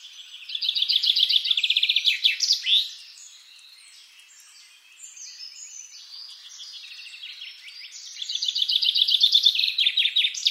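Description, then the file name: Common chaffinch song: a loud strophe of rapid trilled notes dropping in pitch and ending in a flourish, then soft background twitters before another strophe begins. "Fringilla coelebs"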